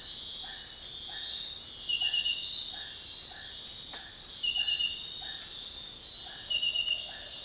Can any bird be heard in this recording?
no